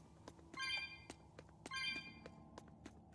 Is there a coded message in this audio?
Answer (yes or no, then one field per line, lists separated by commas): no